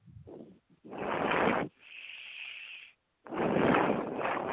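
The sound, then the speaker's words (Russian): Heavy, labored breathing, blamed on a runny nose: a few short gasps, then long, loud, hissing breaths in and out with a thin whistly wheeze between them. No one speaks. “Ну, у тебя такое тяжелое дыхание, просто ужас.”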